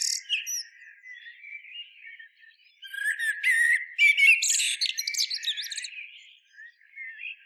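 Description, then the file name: Common blackbird song: a brief loud note and soft warbling, then a loud burst of whistles breaking into high squeaky twittering, fading to quiet warbles. "Turdus merula"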